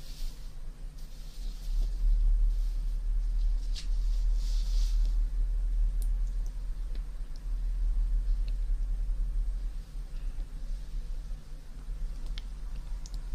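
Muffled ear massage sounds: a deep, steady rumble fills the whole clip, swelling slightly around two to four seconds and dipping near ten. Faint crackles and brief bright ticks surface now and then, clustered early and again near the end.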